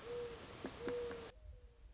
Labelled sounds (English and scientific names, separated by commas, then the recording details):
Mourning Dove (Zenaida macroura)
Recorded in Sonoma County, California